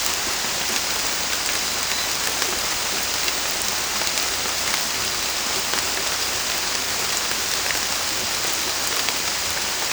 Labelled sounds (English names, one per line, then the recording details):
none
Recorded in dense forest near Puerto Asís, Putumayo, Colombia, on 18 December 2024 at 23:30
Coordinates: 0.466, -76.327
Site G075